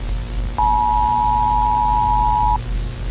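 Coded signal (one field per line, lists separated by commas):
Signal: Emergency Alert System (SAME) tones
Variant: 853 and 960 Hz attention tone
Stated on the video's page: Fictional EAS scenario themed on Gorilla Tag horror, not a real alert.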